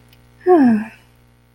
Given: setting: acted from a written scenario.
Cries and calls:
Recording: vocal sound without words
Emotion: serenity

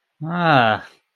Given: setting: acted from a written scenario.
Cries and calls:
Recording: vocal sound without words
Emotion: contempt

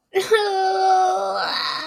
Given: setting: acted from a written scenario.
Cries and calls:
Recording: vocal sound without words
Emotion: disgust

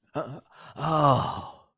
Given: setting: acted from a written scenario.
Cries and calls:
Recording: vocal sound without words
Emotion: relief

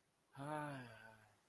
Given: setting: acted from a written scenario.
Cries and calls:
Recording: vocal sound without words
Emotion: romantic love

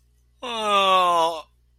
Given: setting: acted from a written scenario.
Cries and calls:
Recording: vocal sound without words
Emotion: sadness

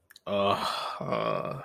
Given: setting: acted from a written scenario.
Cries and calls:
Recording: vocal sound without words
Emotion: guilt

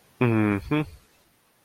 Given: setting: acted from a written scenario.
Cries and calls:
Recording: vocal sound without words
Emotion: neutral

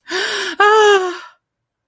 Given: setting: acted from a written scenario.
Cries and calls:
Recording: vocal sound without words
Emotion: fear

